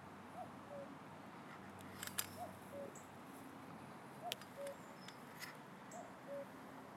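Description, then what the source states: Cuckoo repeating a soft two-note call, high then lower, roughly every two seconds, with occasional sharp clicks and taps. Cuckoo calling in an orchard.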